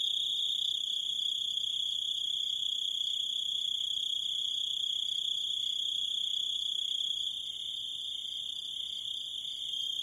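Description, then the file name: Grasshopper producing a constant high-pitched ringing trill that softens slightly during the last few seconds. "zvuki kuznechika"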